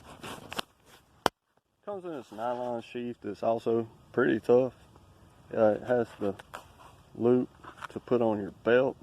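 Parts of a camp tool that weren't fully snapped together are pushed home before the tool goes into its nylon sheath. After a couple of faint ticks around 0.5 and 0.6 s, a sharp, loud snap at 1.3 s marks the pieces seating together. Someone then talks for the rest of the clip.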